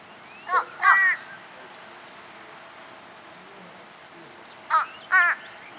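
Fish crow calling in two brief bursts separated by a long pause, each a quick pair of hoarse, nasal caw notes.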